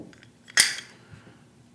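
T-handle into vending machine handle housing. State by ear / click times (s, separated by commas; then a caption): seated / 0.6 s. A spring-loaded metal T-handle is pushed back into a vending machine handle housing. Two faint ticks come before a sharp, bright metallic latch click at 0.6 s, which rings briefly. The T-handle locks into place.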